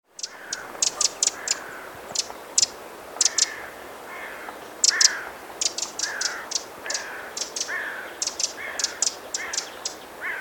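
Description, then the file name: Eurasian wren calls: rapid bursts of dry, very high clicks, often in runs of three or four, with quieter hoarse lower notes. "Troglodytes troglodytes"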